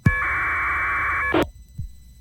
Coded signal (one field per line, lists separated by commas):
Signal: packet radio (AX.25, as in APRS)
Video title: K3BWA Winlink Off grid - Part 2